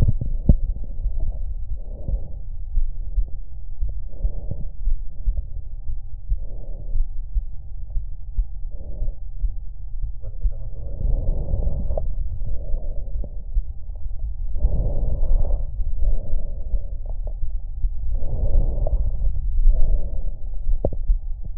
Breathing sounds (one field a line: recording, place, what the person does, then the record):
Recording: lung sounds by stethoscope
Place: right anterior apical chest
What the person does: quiet breathing, then deep breathing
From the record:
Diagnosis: COPD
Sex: female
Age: 68 years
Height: 150 cm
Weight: 70 kg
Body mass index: 31.1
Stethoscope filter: extended mode